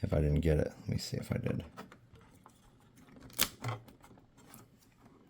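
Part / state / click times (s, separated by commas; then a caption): internal cable connector into a laptop board socket / seated / 3.4 s. Someone talks while re-seating a small internal cable connector into its board socket in a Toshiba Satellite Pro 400CDT laptop, after an earlier push gave no satisfying click. Quiet handling taps follow, then a sharp click at 3.4 s as the connector seats.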